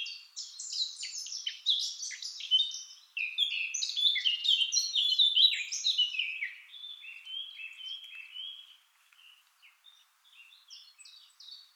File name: Sylvia atricapilla